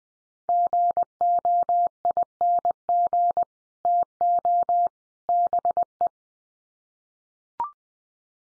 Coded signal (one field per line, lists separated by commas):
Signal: Morse code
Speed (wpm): 20 wpm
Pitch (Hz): 700 Hz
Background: none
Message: GOING TO BE